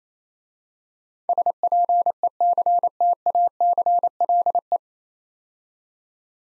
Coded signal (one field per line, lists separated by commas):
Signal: Morse code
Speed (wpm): 28 wpm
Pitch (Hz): 700 Hz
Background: none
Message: SPECTACLE